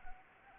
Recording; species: mosquito wingbeat signal from an infrared sensor; Anopheles arabiensis